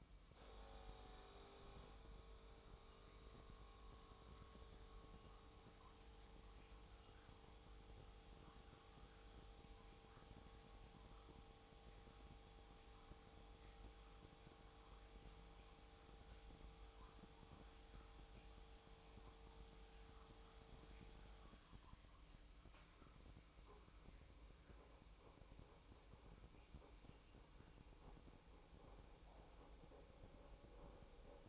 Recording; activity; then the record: daily activity, microphone in the room; make coffee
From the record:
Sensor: 1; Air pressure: 1007.4 hPa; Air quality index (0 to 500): 82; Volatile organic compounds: 1 ppm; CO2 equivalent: 708 ppm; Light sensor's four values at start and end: 8/20/8/9 and 8/19/8/9